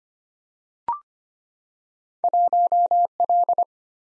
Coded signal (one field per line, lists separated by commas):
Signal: Morse code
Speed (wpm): 25 wpm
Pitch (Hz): 700 Hz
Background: none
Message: 1L